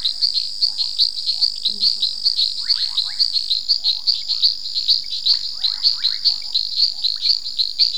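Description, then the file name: Long-nosed reed frog calls, high ticking chirps repeated rapidly and steadily, broken by short lower rasping notes. "Hyperolius nasutus"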